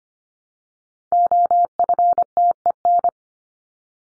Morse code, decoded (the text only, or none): OFTEN